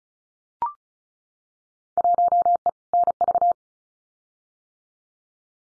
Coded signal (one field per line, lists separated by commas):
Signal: Morse code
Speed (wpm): 34 wpm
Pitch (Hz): 700 Hz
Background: none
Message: 1E NV